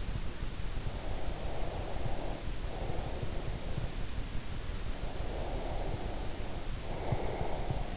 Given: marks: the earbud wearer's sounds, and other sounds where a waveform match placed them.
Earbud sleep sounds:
sounds in sleep by an in-ear microphone; breath
0.83-4.05 s: breath
4.95-7.97 s: breath

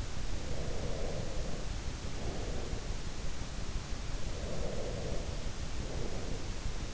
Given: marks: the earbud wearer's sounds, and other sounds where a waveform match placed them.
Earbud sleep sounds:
sounds in sleep by an in-ear microphone; breath
0.32-3.09 s: breath
4.19-6.94 s: breath

